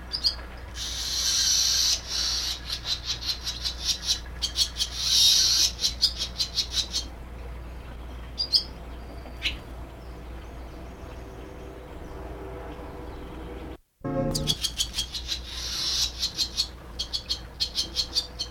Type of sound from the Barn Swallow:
call